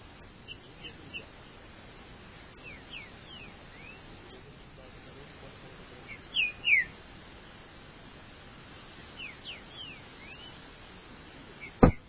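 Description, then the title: Green-winged saltator song: a short pair of loud, sweeping whistled notes midway, with fainter slurred whistles scattered through, and a sharp click near the end. "Trinca Ferro"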